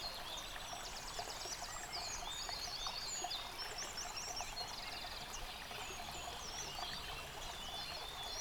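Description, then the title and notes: Many birds singing at once, rapid high trills and short whistled phrases layered over a continuous babbling stream. Bird chorus recorded by a stream at Dlouhý Důl, Krásná Lípa, Czechia, on a Zoom H6 recorder. "Dlouhý Důl 14, 407 47 Krásná Lípa, Czechia - Ptáci a potok. Ptačí sněm snímaný u potoka.. nahráno na ZOOM H6"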